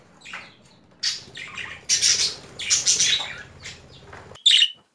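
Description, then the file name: Budgerigar calls, separate harsh squawks in short bursts, ending with one loud sharp screech before silence. Female budgerigar; mixed sounds. "Karisik Sesler Disi Muhabbet Kusu Sesi"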